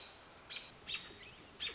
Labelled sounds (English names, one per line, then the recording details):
American Robin
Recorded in Sonoma County, California